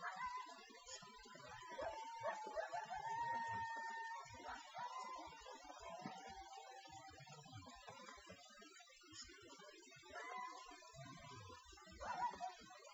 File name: coyote